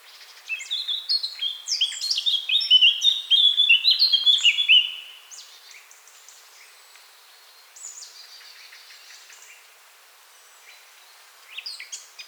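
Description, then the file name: Eurasian blackcap song: an energetic, scratchy then fluty warble for about four seconds, followed by long quiet stretches with faint notes and a short final burst. "Sylvia atricapilla"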